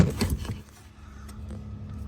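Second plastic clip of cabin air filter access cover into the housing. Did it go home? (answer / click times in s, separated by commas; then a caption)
no / none. Hands handle the plastic cabin air filter access cover on a Camaro, working its second plastic clip toward the housing, with short sharp handling knocks near 0.2 and 0.3 s and fainter ones later over a steady low hum. The clip has not snapped in yet; nothing has seated by the end.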